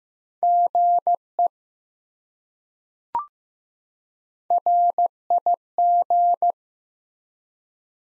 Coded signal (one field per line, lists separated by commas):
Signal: Morse code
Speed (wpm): 15 wpm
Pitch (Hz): 700 Hz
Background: none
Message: GE RIG